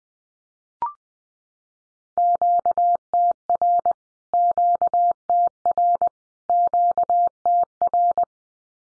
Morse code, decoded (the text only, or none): QTR QTR QTR